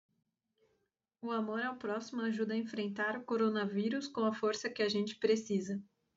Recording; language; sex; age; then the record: spoken sentence; Brazilian Portuguese; female; 20 to 29 years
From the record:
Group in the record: control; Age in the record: 29 years